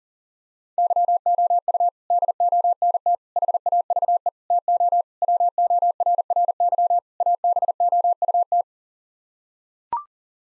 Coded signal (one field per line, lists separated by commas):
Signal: Morse code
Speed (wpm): 40 wpm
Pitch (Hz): 700 Hz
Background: none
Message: YOU DONT HAVE TO WORRY ABOUT